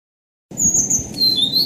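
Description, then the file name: Blue-throated flycatcher song: a long, thin high whistle followed by a lower sweeping whistled note, over a faint low hum. "kicau-sikatan-blue-throated -omkicau"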